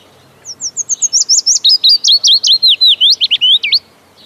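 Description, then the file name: Willow warbler song: a sweet, whistled phrase of many slurred notes, starting high and thin and gently descending, lasting around three seconds. "Piecuszek"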